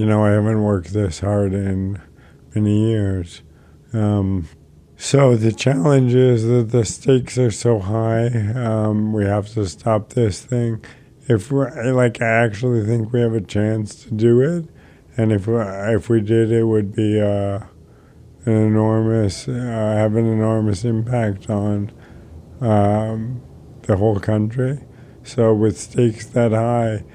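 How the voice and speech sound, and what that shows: Slow, flat, low-pitched adult male speech with drawn-out sounds, restarts and long pauses: dysarthria from ALS, diagnosed the year before, in a man. His voice has changed markedly with the disease and is much worse than a week earlier after days of working 18 to 20 hours with little sleep; he is exhausted.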